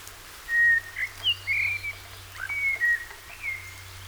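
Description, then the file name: Common blackbird singing clear, fluty whistled notes in a mellow warbling phrase, some sliding up or down, over a steady low hum. "Turdus merula"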